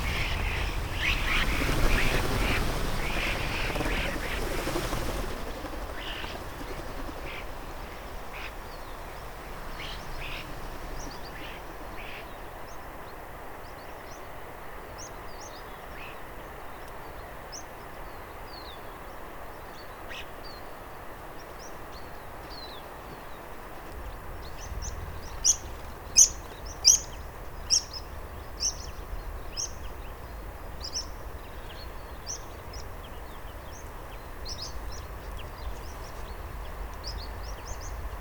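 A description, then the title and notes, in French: Pipits gather at an evening roost in a marsh, giving thin, high calls scattered across the recording. A loud rush of wind or rustling fills the first five seconds, then a quiet hiss remains, with a burst of sharper calls around 25–30 seconds. DORTOIR DE PIPITS. Marais des Bouligons - Nagra Ares BB+ - Omni B&K. Depuis début septembre un dortoir de pipit farlouse et spioncelle est installé dans le marais et la population dépasse les 100 individus. Tous les soir c'est un ballet de cris et de silhouettes qui tombent du ciel pour ce réfugier pour la nuit dans les roseaux.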